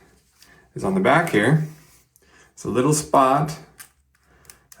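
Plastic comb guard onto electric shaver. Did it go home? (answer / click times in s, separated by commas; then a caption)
yes / 4.7 s. A plastic trimmer comb guard is pushed onto a slot on the back of an electric shaver while someone talks, with a few faint handling ticks in the pauses. At 4.7 s a short, sharp click is heard as the guard snaps into place and holds, seated.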